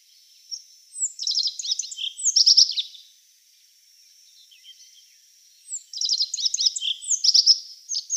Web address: Schulze Peter Rock Bunting song